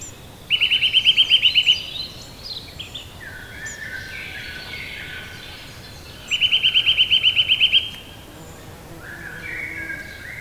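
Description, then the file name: Eurasian nuthatch trill: rapid, evenly spaced piping notes, delivered twice about six seconds apart, with softer bird calls in between and after. Winter. "puukoristaja"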